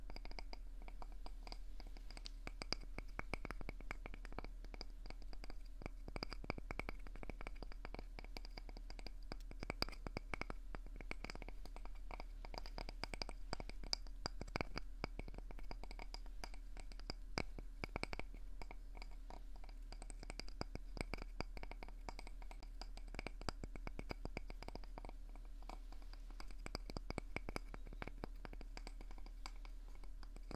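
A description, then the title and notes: Soft, dense tapping runs through the whole thirty seconds: quick, irregular clicks and light scratches, crisp. A steady low hum sits underneath, and the level stays even from start to finish. ASMR ~ comfy tapping & visual light triggers.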